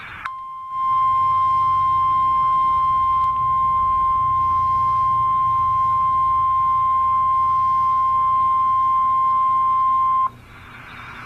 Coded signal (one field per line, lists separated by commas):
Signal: Emergency Alert System (SAME) tones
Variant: 1050 Hz attention tone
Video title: EAS #36 - Flash Flood Warning WFO Norman, OK